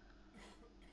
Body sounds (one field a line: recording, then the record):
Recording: coughing mixed with background sound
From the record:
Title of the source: Man Coughing Sound - Wet Cough Sound Effect